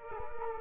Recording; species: mosquito wingbeat signal from an infrared sensor; Culex quinquefasciatus